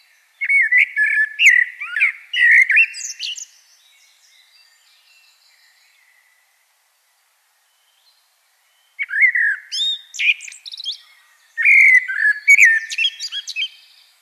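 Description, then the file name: Common blackbird song in three bursts: rich warbled whistling with scratchy high twitters, the first followed by a long quiet gap. "Turdus merula"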